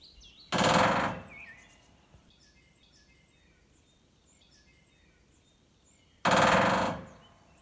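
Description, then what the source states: Woodpecker drumming: two short, loud, rapid rolls about six seconds apart, with faint high chirps of small birds between them. Fast drumming pace; both sexes drum, the male drums and the female may answer.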